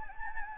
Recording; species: mosquito wingbeat signal from an infrared sensor; Anopheles gambiae